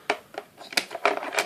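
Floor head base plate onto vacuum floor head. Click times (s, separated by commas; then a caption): 0.1 s. A plastic base plate is fitted back onto the floor head of a VAX Air Cordless Lift upright vacuum, and it clicks into place at 0.1 s. Further sharp plastic clicks and knocks follow at about 0.8 s, 1.1 s and 1.4 s as the plate is handled.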